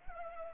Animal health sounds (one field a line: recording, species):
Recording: mosquito wingbeat signal from an infrared sensor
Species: Culex pipiens